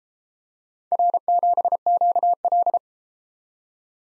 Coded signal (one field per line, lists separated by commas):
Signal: Morse code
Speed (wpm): 32 wpm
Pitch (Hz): 700 Hz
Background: none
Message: R7QL